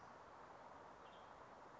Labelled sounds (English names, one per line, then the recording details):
Western Tanager
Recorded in Sonoma County, California